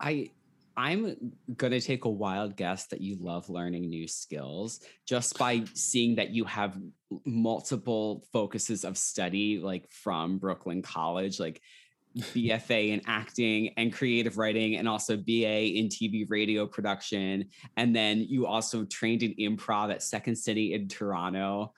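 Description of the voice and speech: One adult man speaks fluently in a conversational tone, with a low, steady voice and short natural pauses between phrases. No repetitions, blocks or voice quality problems are heard; this is ordinary speech.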